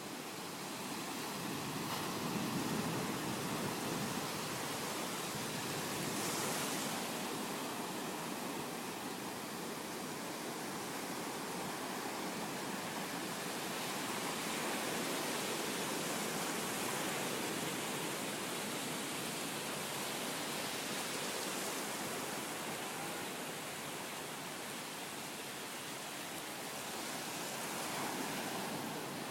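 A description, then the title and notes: Early-morning seawater at the beach makes a dense, steady hiss with gentle swells, and a few brighter splashes around six seconds. Sunrise in Phan Thiet, Vietnam. Going to the beach at 6 AM with the rest of the locals to swim around in a bath of seawater and sunshine.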